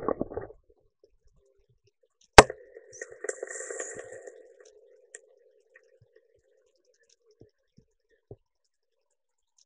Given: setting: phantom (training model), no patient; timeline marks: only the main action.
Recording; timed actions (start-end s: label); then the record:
laparoscopic instrument, vibration sensor on the handle end
1.89-9.52 s: coagulation
From the record:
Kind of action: gesture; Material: ex-vivo porcine liver